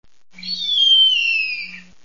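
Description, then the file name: Hawk giving a single long, high scream that slides gently downward for about a second and a half, with a faint low hum behind it. "Gavião"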